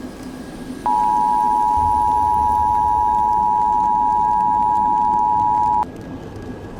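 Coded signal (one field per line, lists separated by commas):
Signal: Emergency Alert System (SAME) tones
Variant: 853 and 960 Hz attention tone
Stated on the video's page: Fictional EAS scenario, not a real alert.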